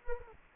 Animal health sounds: mosquito wingbeat signal from an infrared sensor; Anopheles gambiae

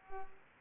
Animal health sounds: mosquito wingbeat signal from an infrared sensor; Culex pipiens

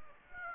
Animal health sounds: mosquito wingbeat signal from an infrared sensor; Aedes aegypti

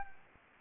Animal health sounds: mosquito wingbeat signal from an infrared sensor; Anopheles gambiae

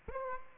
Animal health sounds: mosquito wingbeat signal from an infrared sensor; Aedes aegypti

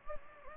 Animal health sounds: mosquito wingbeat signal from an infrared sensor; Anopheles gambiae

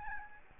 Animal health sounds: mosquito wingbeat signal from an infrared sensor; Aedes albopictus

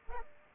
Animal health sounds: mosquito wingbeat signal from an infrared sensor; Aedes albopictus

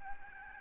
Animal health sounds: mosquito wingbeat signal from an infrared sensor; Aedes albopictus

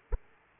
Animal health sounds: mosquito wingbeat signal from an infrared sensor; Aedes aegypti

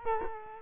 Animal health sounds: mosquito wingbeat signal from an infrared sensor; Culex quinquefasciatus

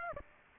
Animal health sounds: mosquito wingbeat signal from an infrared sensor; Aedes aegypti

